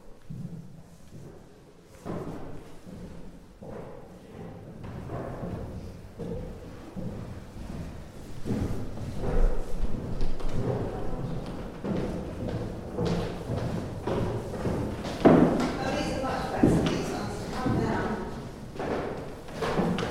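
A walk through Prague streets, with the murmur of voices and footsteps throughout. Irregular thumps and knocks recur every second or so, and the sound grows busier and louder after about eight seconds, with a sharp clatter near fifteen seconds.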